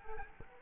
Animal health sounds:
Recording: mosquito wingbeat signal from an infrared sensor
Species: Culex quinquefasciatus

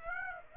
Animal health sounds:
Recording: mosquito wingbeat signal from an infrared sensor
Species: Aedes aegypti

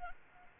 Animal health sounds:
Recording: mosquito wingbeat signal from an infrared sensor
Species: Anopheles arabiensis

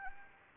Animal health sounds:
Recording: mosquito wingbeat signal from an infrared sensor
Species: Anopheles gambiae

